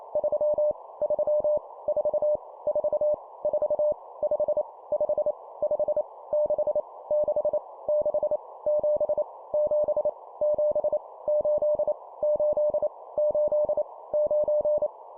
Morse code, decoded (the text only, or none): 3 3 4 4 4 5 5 5 6 6 6 7 7 7 8 8 8 9